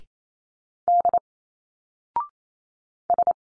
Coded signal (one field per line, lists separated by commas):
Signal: Morse code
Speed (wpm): 27 wpm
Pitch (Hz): 700 Hz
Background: none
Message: D S